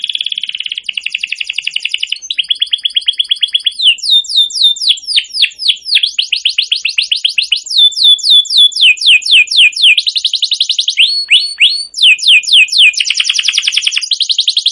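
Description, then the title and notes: Canary's long, unbroken song of quick trills, then a run of sharp descending whistled notes and more rapid rolling tours, bright and high-pitched throughout. Wild canary, very active long song, used as a master recording to train other birds. "Kenari GACOR PANJANG KENARI LIAR. burung kenari gacor parah"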